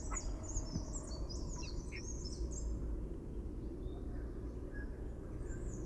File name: Brown-cheeked fulvetta call recorded in February 2011 at Agumbe, Karnataka